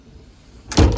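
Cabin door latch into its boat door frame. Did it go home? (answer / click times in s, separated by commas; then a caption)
yes / 0.7 s, 0.8 s. A cabin door on a 2021 Sea Ray SLX 400 outboard boat is slid closed, and its latch seats into the boat's door frame. After quiet low rumble, a sharp thud and click land at 0.7 s and 0.8 s, followed by a smaller knock near 1.0 s, and the door is latched shut and locked into place.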